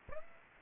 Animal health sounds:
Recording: mosquito wingbeat signal from an infrared sensor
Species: Aedes aegypti

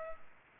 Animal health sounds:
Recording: mosquito wingbeat signal from an infrared sensor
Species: Culex pipiens

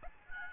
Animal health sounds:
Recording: mosquito wingbeat signal from an infrared sensor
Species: Aedes albopictus

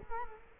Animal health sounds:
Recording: mosquito wingbeat signal from an infrared sensor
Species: Culex quinquefasciatus

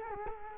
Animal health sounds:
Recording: mosquito wingbeat signal from an infrared sensor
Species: Culex quinquefasciatus

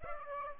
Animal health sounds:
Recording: mosquito wingbeat signal from an infrared sensor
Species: Aedes aegypti

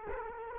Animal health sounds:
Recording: mosquito wingbeat signal from an infrared sensor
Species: Culex quinquefasciatus

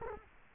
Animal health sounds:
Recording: mosquito wingbeat signal from an infrared sensor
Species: Culex quinquefasciatus

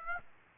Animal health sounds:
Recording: mosquito wingbeat signal from an infrared sensor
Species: Aedes aegypti

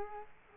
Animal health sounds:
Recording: mosquito wingbeat signal from an infrared sensor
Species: Culex quinquefasciatus

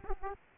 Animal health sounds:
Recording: mosquito wingbeat signal from an infrared sensor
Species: Aedes aegypti

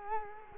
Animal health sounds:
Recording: mosquito wingbeat signal from an infrared sensor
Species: Culex quinquefasciatus

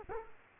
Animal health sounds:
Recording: mosquito wingbeat signal from an infrared sensor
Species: Culex quinquefasciatus

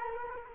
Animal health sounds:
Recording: mosquito wingbeat signal from an infrared sensor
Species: Culex quinquefasciatus

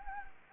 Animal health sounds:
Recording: mosquito wingbeat signal from an infrared sensor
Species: Anopheles gambiae

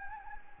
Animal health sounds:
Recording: mosquito wingbeat signal from an infrared sensor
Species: Anopheles gambiae

